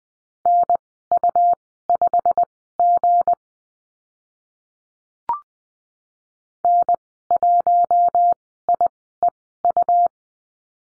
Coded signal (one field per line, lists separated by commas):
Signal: Morse code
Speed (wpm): 20 wpm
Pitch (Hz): 700 Hz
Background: none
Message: NU5G N1IEU